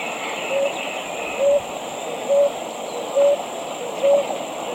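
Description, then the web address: Ruddy ground-dove song: five short, low, soft coos repeated roughly once a second in a steady rhythm, over a constant background hiss and a thin high buzz. Eastern lowlands of South America. "Natures Songs S America Eastern Lowlands. Ruddy Ground-Dove"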